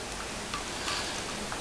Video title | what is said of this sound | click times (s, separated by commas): How to Fix the Problems with Your AK-47 (CM028 or CM.028) | and it'll snap right in place. | 0.5 s